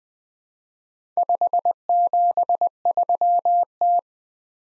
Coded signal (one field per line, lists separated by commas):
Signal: Morse code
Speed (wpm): 20 wpm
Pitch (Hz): 700 Hz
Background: none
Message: 573T